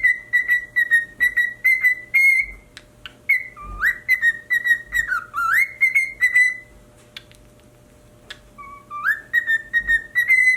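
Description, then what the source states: Cockatiel giving a string of short clear whistles, then swooping rising notes, a brief pause, and a final rising whistled phrase; steady faint hum in the background. Pied colour variety.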